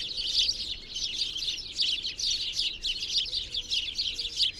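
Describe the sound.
Birds tweeting in rapid, high-pitched clusters, bursts of chirps following one another almost without pause.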